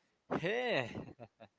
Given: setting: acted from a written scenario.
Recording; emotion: vocal sound without words; elation